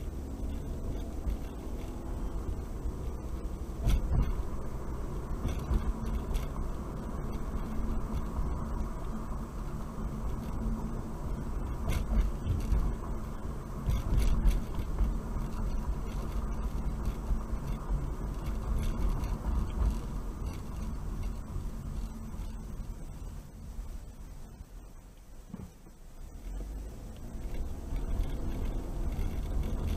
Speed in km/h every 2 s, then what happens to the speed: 21, 24, 37, 40, 40, 40, 39, 42, 39, 37, 31, 21, 8, 10, 21.
0-6 speeds up to 40. 6-18 steady at about 40. 18-24 brakes to 8. 24-30 speeds up to 21.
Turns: none.